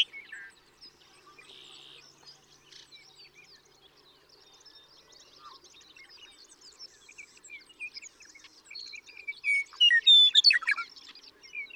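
Western meadowlark song near the end: a loud burst of slurred whistled notes, after several seconds of quiet high twittering from other birds.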